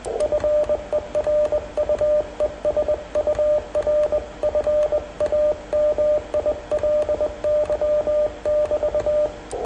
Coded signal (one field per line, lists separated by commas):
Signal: Morse code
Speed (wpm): 22 wpm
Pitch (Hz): 590 Hz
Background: radio noise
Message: FER U ES UR FAMILY <BT>